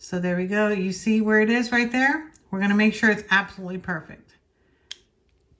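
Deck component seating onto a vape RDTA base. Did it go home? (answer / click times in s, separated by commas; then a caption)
yes / 4.9 s. A deck component is lined up by its grooves with the grooves on the metal body of an Aromamizer Plus V2 RDTA vape and pressed down while someone talks. A sharp click at 4.9 s marks it seating into place, sitting completely flat with no cotton poking out.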